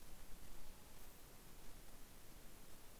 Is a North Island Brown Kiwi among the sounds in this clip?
no